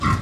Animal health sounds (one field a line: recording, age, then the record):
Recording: pig call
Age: growing-finishing pig (85 days or more)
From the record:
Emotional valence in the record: positive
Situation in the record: run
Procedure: transit